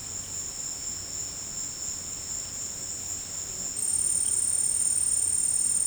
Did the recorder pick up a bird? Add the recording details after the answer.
no. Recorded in secondary vegetation near Puerto Asís, Putumayo, Colombia, on 24 March 2025 at 15:30. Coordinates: 0.502, -76.326. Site G100